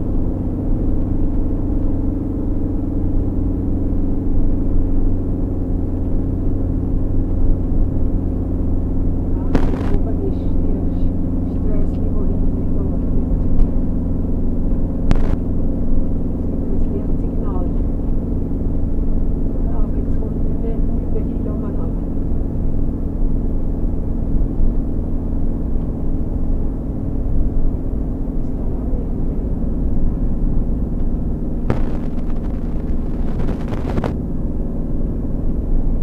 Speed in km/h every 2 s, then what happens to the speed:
48, 48, 48, 48, 48, 46, 46, 46, 46, 46, 44, 44, 44, 44, 44, 42, 42, 44.
0-36 steady at about 46.